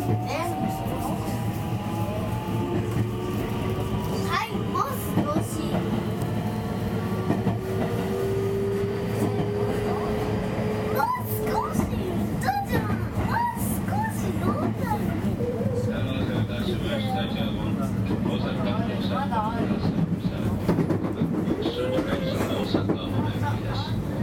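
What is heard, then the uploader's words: Running sound of an electric commuter train, heard from on board: a steady low rumble with a motor whine that slowly rises in pitch. Wheel clicks and rattles come in bursts, especially around the middle, while faint voices murmur throughout. JR西日本223系 環状線外回り 関空・紀州路快速 天王寺から大阪まで. 西日本旅客鉄道（JR西日本）223系電車の走行音です。 大阪環状線の外回り、関空・紀州路快速で録音しました。 Running sound of a 223 series train. Osaka Loop Line 's Outer Rapid Train.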